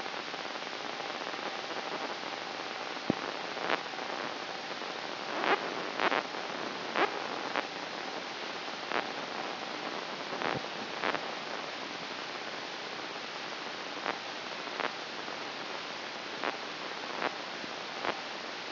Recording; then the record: brain microelectrode recording played as sound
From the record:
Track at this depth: outside the subthalamic nucleus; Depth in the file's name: 7.528 mm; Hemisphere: right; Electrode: 2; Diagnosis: Parkinson's disease